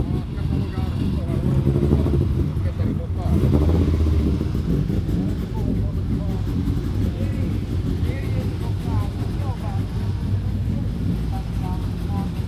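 Cars starting and idling, a thick low rumble that stays loud and steady for the whole stretch, swelling slightly around two to four seconds. Voices talk over the engines throughout, with brief higher chirps or whistles surfacing near eight seconds and again toward the end.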